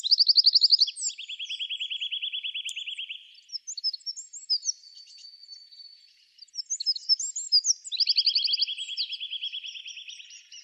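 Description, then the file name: Eurasian wren song: loud, rapid mechanical trills of high notes, one burst at the start and another after about eight seconds, with scattered sharp chips and twitters between. "Troglodytes troglodytes"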